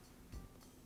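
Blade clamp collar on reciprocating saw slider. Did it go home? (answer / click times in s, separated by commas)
no / none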